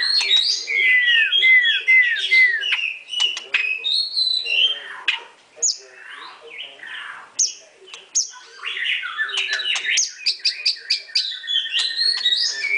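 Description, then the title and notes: White-rumped shama song, opening with a series of repeated downslurred whistles, then a long varied medley of chirps, clicks and warbled phrases. Masteran (training) song. "Murai Batu Album 01. Masteran Murai Batu"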